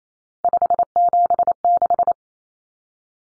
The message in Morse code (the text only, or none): 576